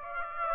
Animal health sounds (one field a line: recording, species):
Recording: mosquito wingbeat signal from an infrared sensor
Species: Aedes aegypti